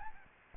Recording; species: mosquito wingbeat signal from an infrared sensor; Aedes albopictus